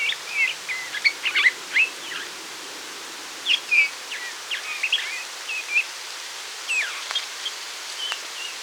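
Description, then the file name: Eurasian bullfinch calls: soft, short whistles given in irregular clusters. "Pyrrhula pyrrhula"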